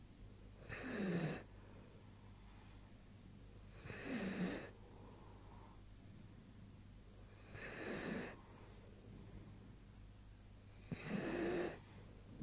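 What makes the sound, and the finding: Sleeping animal. Snoring.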